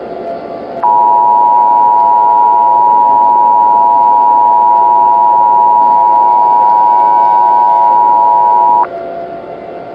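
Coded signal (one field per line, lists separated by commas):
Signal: Emergency Alert System (SAME) tones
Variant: 853 and 960 Hz attention tone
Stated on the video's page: Fictional SCP-themed EAS mini scenario with voice acting.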